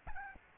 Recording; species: mosquito wingbeat signal from an infrared sensor; Aedes albopictus